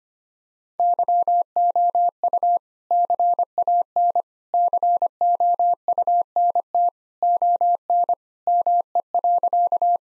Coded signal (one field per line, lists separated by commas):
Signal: Morse code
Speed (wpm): 25 wpm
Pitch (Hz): 700 Hz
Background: none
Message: YOU CAN COUNT ON ME.